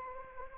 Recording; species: mosquito wingbeat signal from an infrared sensor; Anopheles arabiensis